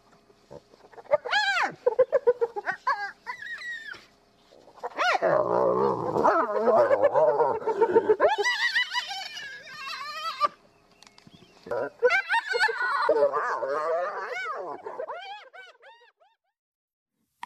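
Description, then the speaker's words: Striped hyena vocalizing: harsh growling bursts and yelping, mixed with rising and falling whining cries rich in harmonics, in three long bouts separated by brief pauses. The only hyena species found in Iran (Hyaena hyaena). "پس اجازه بدهید با صدای کفتار خودمان یعنی کفتار راه راه شروع کنیم."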